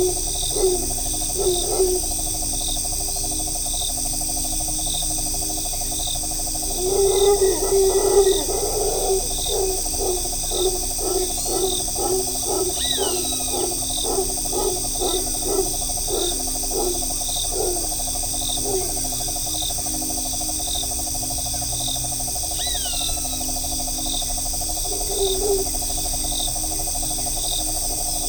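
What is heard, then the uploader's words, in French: Birds in a Costa Rican forest: a low, hooting bird repeats short notes in a quick series, densest around seconds 7 to 9, then tapers off by 17 seconds, with a few more near 25. Brief higher chirps appear around 13 and 22 seconds over a steady shrill insect drone. Muni d'une parabole et de micros omnidirectionnels, Irvic D'Olivier a passé de longues heures dans les parcs nationaux à attendre l'oiseau rare.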